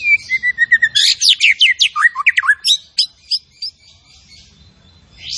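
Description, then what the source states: Zebra finch song: a level whistle leading into a dense burst of high, buzzy chips and downslurs, thinning into spaced single notes before silence. Masteran training audio of a tembakan bird singing actively (gacor).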